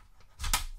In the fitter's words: and we can take our Safariland thigh rig here and it snaps right on so